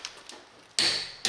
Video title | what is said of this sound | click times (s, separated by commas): How to change brake pads on 2010 Hyundai Santa Fe | hear the click and that's | 0.8 s